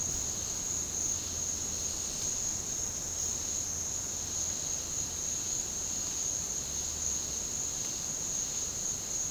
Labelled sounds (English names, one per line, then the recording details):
none
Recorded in pastures near Puerto Asís, Putumayo, Colombia, on 30 June 2025 at 14:00
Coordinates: 0.496, -76.326
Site GP01